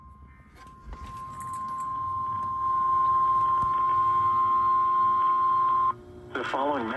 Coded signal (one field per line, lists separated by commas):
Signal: Emergency Alert System (SAME) tones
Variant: 1050 Hz attention tone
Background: speech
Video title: EAS: Tennessee Amber Alert on KIG79 and WSIX-FM (02/27/2024)